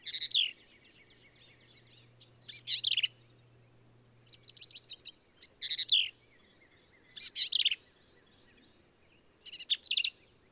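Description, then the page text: Black-capped vireo song of emphatic, raspy phrases, a softer chattered run in between, repeated roughly every one to two seconds over a faint hum. Male singing, same individual throughout; endangered species; phrases sung alone, truncated, embellished or run together; Kerr Wildlife Management Area, Hunt, Texas hill country. "Birdsong for the Curious Naturalist. Black-capped vireo"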